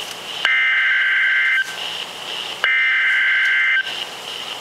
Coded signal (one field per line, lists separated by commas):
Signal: Emergency Alert System (SAME) tones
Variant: header bursts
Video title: {EAS FIRST} {RARE AND SPECIAL} EAS #8 - Flash Flood Warning for SEVERE FLOODING 7-28-2013